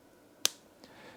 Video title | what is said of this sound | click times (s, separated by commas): Why did I buy this MacBook? | you should have been able to hear that click and again The Click as it comes out click | 0.5 s